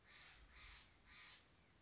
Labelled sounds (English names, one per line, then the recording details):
Steller's Jay
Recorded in Sonoma County, California